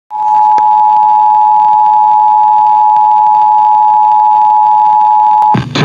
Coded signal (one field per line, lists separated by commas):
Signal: Emergency Alert System (SAME) tones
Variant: 853 and 960 Hz attention tone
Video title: Pennsylvania CAP Weekly Test (1/4/22)(EAS 1038)